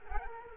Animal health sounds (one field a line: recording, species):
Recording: mosquito wingbeat signal from an infrared sensor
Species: Culex quinquefasciatus